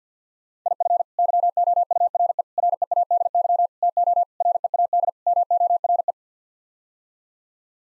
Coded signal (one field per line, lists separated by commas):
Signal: Morse code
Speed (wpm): 50 wpm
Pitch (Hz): 700 Hz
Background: none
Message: IF YOURE READY TO READ MORE